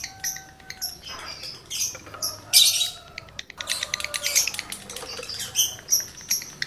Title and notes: Birahi Lovebird Jantan ke Gacor. Pancingan Suara Lovebird jantan birahi